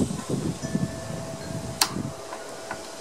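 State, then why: Seated. During reassembly of a Honda HRM215 lawn mower's pull-start assembly, a plastic recoil starter component is pressed onto the starter housing. Low rustling and handling noise with a faint steady tone lead up to one sharp, bright snap at 1.8 s, followed by a softer tick at 2.7 s. The part snaps on and is seated fine.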